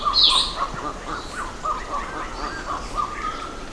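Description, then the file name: Bird calls: a loud high chirp at the start, then softer mid-pitched notes and faint whistles over a steady hiss. "SABIOD 50 bird 2015"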